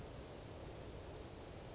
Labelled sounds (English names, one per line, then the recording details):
Western Flycatcher
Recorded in Sonoma County, California